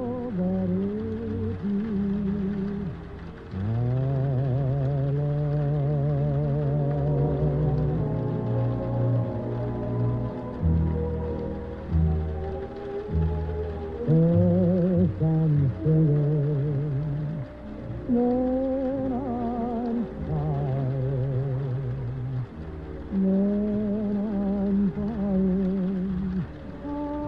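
Oldies music plays muffled from another room, dull and without any treble. Long held, wavering tones, likely a singing voice over bass, carry on steadily for the whole stretch, with brief dips between phrases around 4, 10, 15 and 18 seconds.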